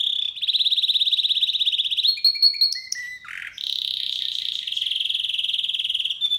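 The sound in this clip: Canary singing: a rapid buzzy trill, a run of brief whistled notes and a low rolling phrase, then more long, fast, steady trills.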